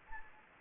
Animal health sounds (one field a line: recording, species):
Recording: mosquito wingbeat signal from an infrared sensor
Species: Anopheles gambiae